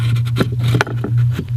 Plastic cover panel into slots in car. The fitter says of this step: And snap it forward.